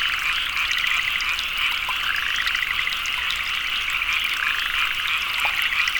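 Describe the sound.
Frog chorus of rapid rattling trills, countless callers overlapping into a continuous shimmering drone throughout.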